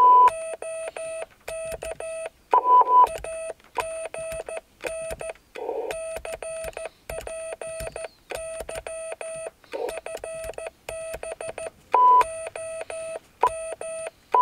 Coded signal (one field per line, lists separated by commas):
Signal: Morse code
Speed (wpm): 14 wpm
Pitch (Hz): 650 Hz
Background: none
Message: OK AGN CPY FB OM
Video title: QSO CW DX